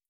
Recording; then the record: hydrophone in a shrimp aquaculture tank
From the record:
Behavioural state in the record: starved